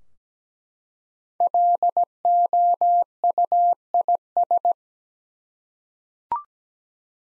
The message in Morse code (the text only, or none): LOUIS